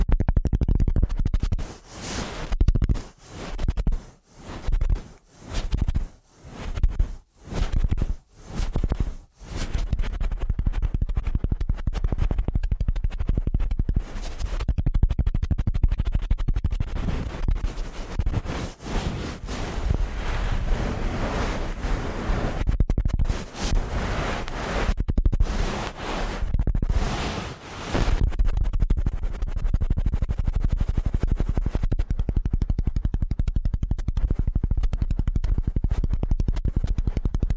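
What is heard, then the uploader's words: Ear cleaning done in fast, scratchy strokes. The first ten seconds bring a quick run of separate swipes, about one per second, then the rubbing turns into a dense, continuous scraping with louder bright bursts near 25 and 28 seconds, easing into a softer, steadier rustle. ASMR Ear Cleaning at Helicopter Speed.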